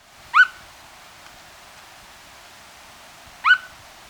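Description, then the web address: Unicolored Tapaculo calls: two brief, sharply rising notes with a bright, ringing edge, about three seconds apart, over faint steady hiss. Recorded in Ecuador. "Birds of Ecuador 2. Unicolored Tapaculo"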